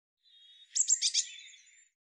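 Eurasian blue tit, one quick scratchy call of four or five high buzzy notes, preceded by a soft thin whistle.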